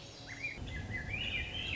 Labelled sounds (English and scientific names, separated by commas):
Swainson's Thrush (Catharus ustulatus)